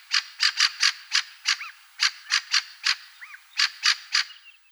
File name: Turdus pilaris